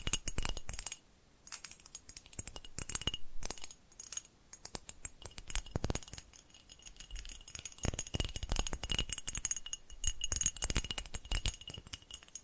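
Quick tapping triggers come in dense bursts of sharp clicks and light rattles, with brief gaps near one and four seconds. A thin, bright ringing tone hangs faintly underneath, and the taps vary in loudness as they shift around.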